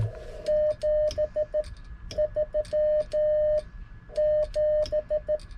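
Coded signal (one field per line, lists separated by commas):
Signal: Morse code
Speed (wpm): 15 wpm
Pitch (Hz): 610 Hz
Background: none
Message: 73 7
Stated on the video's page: Mountain Topper MTR-4B V2 through a QRPGuys Multi Tuner in tune mode, about 1 watt on AA batteries into a 40m EFHW with long coax.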